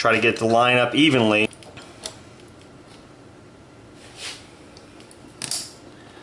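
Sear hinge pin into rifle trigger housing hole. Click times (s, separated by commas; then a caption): 5.5 s. Someone talks while lining up the sear and pushing the hinge pin through the trigger group of a rifle fitted with a Kel-Tec SU-16/PLR-16 or SU-22/PLR-22 target trigger. After the talk comes a faint tick near 2.1 s and small scrapes and ticks around 4.3 to 5.1 s. A sharp snap at 5.5 s marks the sear hinge pin seating into its hole in the trigger housing, with everything sitting in place.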